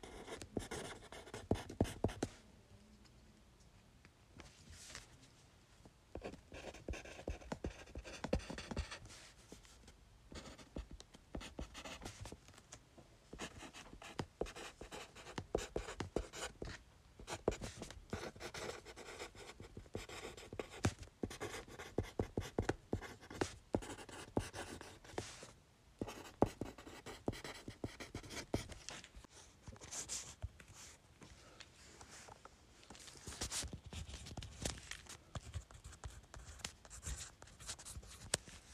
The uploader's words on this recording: ASMR Fast Writing on Paper.